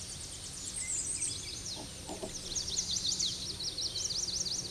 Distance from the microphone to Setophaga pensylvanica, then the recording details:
about 20 m. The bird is about 5 m above the microphone. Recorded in a Pennsylvania forest on 16 May 2024 at 08:05. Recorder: AudioMoth, point MSD-2494. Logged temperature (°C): 15.6 °C. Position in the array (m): 178 m, 184 m